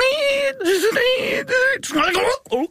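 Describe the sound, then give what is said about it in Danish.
A voice imitates a sleeping person choking on something: a strained, wavering moan broken by gasping, gurgling bursts and a short sputtering cry at the end. “En gut, der sover og får en fisk kastet ned i halsen.”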